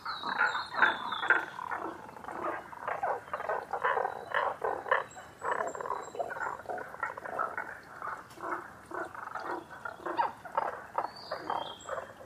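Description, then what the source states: Tago's brown frogs croaking roughly twice per second in an uneven, overlapping chorus, with a high whistle at the start and another near the end. Recorded 11 June 2010 at 18:05.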